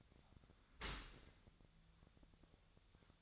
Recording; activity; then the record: daily activity, microphone in the room; open dishwasher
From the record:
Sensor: 3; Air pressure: 1006.7 hPa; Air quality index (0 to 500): 207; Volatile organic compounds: 19 ppm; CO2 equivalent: 2640 ppm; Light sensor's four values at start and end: 10/25/10/10 and 10/25/10/10